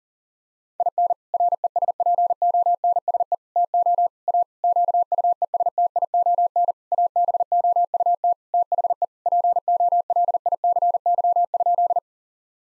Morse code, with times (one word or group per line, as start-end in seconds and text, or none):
0.8-1.1 IN
1.3-3.3 RESPONSE
3.6-4.1 TO
4.3-4.4 A
4.6-6.7 QUESTION
6.9-8.3 ABOUT
8.5-9.0 THE
9.3-12.0 POLICY?